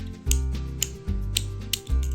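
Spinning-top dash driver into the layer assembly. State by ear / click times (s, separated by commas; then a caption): seated / 0.3 s, 0.8 s, 1.4 s, 1.7 s. A plastic dash-type driver is twisted onto a spinning-top layer assembly. Sharp, bright locking clicks ring out at 0.3, 0.8, 1.4 and 1.7 seconds over a low rumble, and these are stronger clicks than a normal driver gives. The driver ends up seated and locked.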